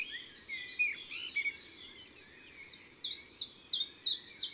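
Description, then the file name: Common chiffchaff song, evenly spaced high notes beginning midway and repeating briskly, following a jumble of other birds' warbling phrases. Recorded in woods and forests. "Pouillot veloce Chants doiseaux des bois et des forets"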